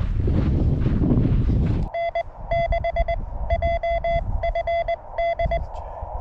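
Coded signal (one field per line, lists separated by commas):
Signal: Morse code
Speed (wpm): 21 wpm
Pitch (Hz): 2050 Hz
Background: none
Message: N6JFD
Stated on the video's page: Summits On The Air activation from mountain summits.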